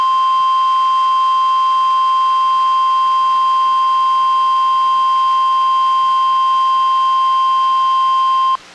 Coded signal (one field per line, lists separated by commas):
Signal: Emergency Alert System (SAME) tones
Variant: 1050 Hz attention tone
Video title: EAS #738: NWR Required Weekly Test- Feb. 1, 2023- 11:11AM PST